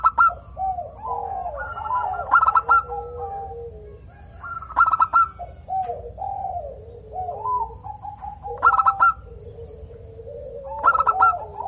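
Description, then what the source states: Zebra dove singing continuously: bubbling, wavering coos in repeated phrases, with clicky bursts every few seconds, over a low background hiss. Local zebra dove (perkutut lokal), described as gacor, singing often, with a loud, crystal-clear voice (suara kristal lantang).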